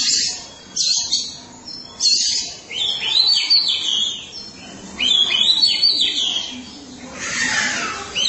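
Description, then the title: Oriental magpie-robin song: harsh scratchy bursts alternating with arched whistled phrases, delivered in uneven bouts over several seconds. Chirping song (kicauan) of the bird. "Suara Kicauan Burung Kacer Durasi Panjang"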